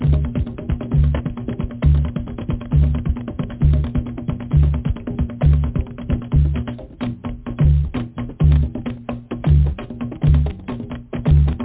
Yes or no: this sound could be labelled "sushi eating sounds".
no